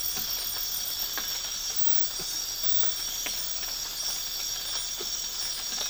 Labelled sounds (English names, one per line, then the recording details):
none
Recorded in dense forest near Puerto Asís, Putumayo, Colombia, on 12 March 2025 at 03:30
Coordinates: 0.484, -76.325
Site G045